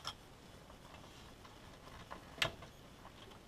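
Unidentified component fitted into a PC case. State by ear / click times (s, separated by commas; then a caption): seated / 2.4 s. An unidentified part is pushed into place inside a PC case during a budget PC build, with faint ticking and handling noise around it. A sharp snap at 2.4 s marks the part seating into place, and the builder thinks it has snapped in.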